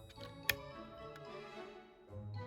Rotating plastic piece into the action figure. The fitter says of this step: so will pop out the next piece which just rotates and clicks in